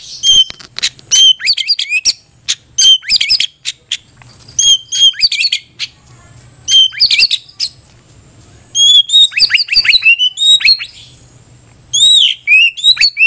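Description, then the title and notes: White-rumped shama song of loud, fast repeated whistled phrases and sharp ticking notes in bursts separated by brief quiet gaps. Cage-bird tutor recording (masteran) used for training captive birds to sing. "Masteran Murai Batu"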